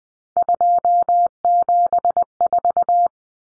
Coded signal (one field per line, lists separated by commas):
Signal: Morse code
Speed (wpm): 20 wpm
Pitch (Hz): 700 Hz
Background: none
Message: 274